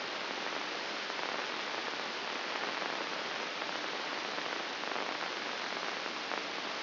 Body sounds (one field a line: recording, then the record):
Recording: brain microelectrode recording played as sound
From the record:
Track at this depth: outside the subthalamic nucleus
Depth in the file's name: 7.46 mm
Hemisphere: left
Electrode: 2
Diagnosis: Parkinson's disease